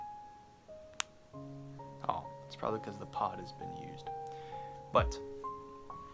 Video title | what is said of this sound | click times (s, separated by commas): Juul Starter Kit - Unboxing and Review! | so let's see what the click sounds like on this thing oh | 1.0 s